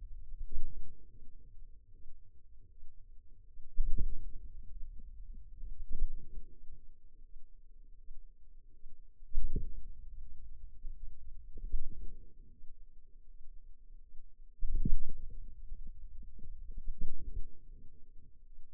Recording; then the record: forearm muscle sounds (acoustic myography)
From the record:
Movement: wrist flexion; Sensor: system 2, bracelet of six BSWA MPA416 microphones around the upper forearm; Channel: 1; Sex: female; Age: 23 years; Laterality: right